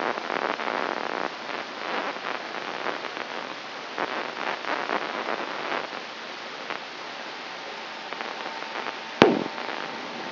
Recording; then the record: brain microelectrode recording played as sound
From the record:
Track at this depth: inside the subthalamic nucleus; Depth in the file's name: 4.938 mm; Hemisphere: right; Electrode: 3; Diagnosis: Parkinson's disease